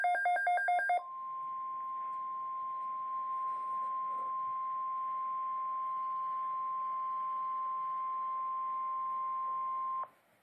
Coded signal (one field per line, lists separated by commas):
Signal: Emergency Alert System (SAME) tones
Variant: 1050 Hz attention tone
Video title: EAS #10, TOA, 4/29/14